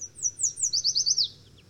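Bird singing a quick run of high, sharply descending slurred notes, about eight in a row, over low background hum.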